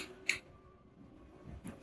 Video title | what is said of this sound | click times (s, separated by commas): Best tripod under 999 rupees | मर जाता है और इस तरह से वापस इसके लॉक हो जाता है। | 0.3 s